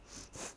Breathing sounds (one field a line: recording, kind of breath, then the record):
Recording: one breath in and out by a microphone near the nose and mouth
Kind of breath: strong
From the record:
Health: marked as sick, illness not named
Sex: female